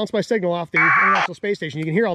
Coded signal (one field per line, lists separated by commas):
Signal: packet radio (AX.25, as in APRS)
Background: speech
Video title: How easy is it to send APRS packets via the ISS? Let me show you